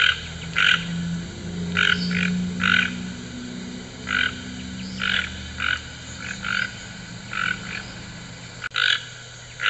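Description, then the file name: Toucan giving hoarse croaks, single and paired notes spaced irregularly every second or so, with a steady low droning hum underneath and a brief click near the end. "Canto do Tucano"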